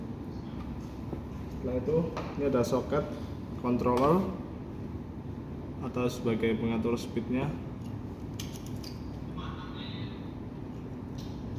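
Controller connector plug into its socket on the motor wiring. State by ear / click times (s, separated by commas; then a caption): not seated / none. Someone talks while handling the plastic controller (speed control) connector plug at its socket on the electric motor wiring, with a few faint handling ticks between the words. The plug has not gone home yet, and nothing has seated or clicked in this clip.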